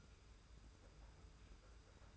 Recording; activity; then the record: daily activity, microphone in the room; take from stove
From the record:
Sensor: 2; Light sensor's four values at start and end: 34/102/40/38 and 34/102/40/38